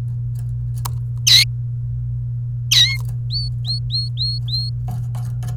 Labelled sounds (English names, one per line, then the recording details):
Domestic Canary song
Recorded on 28 April 2018 at 15:48
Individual llb3